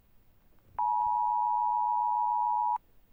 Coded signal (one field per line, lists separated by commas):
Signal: Emergency Alert System (SAME) tones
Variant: 853 and 960 Hz attention tone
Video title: i hate the eas so much for not good that very loud